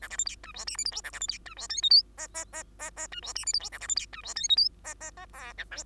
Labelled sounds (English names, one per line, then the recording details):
Bengalese Finch song
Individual Bird2